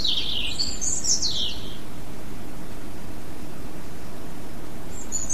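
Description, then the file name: European robin song: a single brief, high, tumbling phrase of thin whistles and twitters in the first two seconds, then quiet apart from a faint high note at the end, over a steady low rumble. "rouge gorge"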